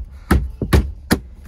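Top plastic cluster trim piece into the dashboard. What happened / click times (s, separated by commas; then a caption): The plastic trim panel snapped into place / 0.7 s, 1.1 s. The top plastic cluster trim piece is set on the dashboard of a 2014–2018 Chevy Silverado or GMC Sierra and pressed by hand. A light tap comes first, then sharp snaps at 0.7 s and 1.1 s as it seats, and a faint knock follows near 1.5 s. The trim piece is snapped in place.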